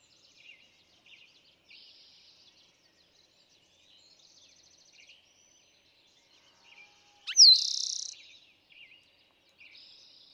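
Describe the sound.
Eastern towhee song rings out once, a whistled slur and quick trill, amid quiet background chirps.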